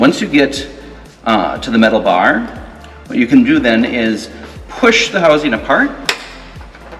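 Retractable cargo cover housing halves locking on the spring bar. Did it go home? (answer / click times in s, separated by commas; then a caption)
yes / 6.1 s. Someone talks while working on the retractable cargo cover of a Volvo 240 wagon, pushing the two halves of its spring housing apart at the metal bar. A sharp click at 6.1 s marks the housing halves locking into place to hold the spring, followed by a faint tap at 6.8 s.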